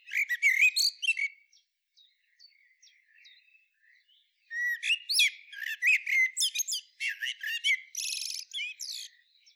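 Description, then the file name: Common blackbird chattering: a short squeaky burst, a pause with faint thin notes, then a long, fast series of scratchy, twittering calls including a buzzy note. "Turdus merula"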